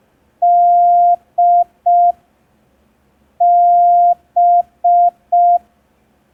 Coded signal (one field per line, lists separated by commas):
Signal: Morse code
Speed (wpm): 5 wpm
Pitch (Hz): 700 Hz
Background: none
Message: DB